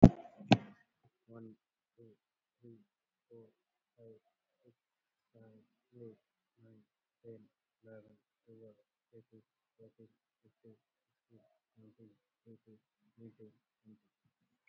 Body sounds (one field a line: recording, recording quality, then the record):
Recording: counting at a normal pace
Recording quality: moderate, slight background noise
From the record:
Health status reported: COVID-19 positive, no symptoms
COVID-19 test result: positive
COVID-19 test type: RT-PCR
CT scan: taken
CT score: 2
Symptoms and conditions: cold, fever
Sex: male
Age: 37 years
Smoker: no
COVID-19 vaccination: one dose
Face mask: worn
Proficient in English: yes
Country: India